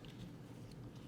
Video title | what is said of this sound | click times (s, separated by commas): JK Design Embargo Balisong: Assembly Guide for Zippy Spacers | if the barrel spins you can see the spacer just popped right out and | 0.0 s